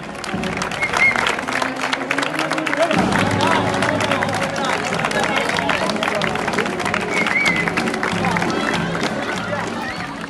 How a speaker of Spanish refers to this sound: Y los moros y cristianos ya los tenemos en la calle. Este pasado fin de semana celebraron su avís de festa. Y estos fueron los primeros aplausos para las comparsas.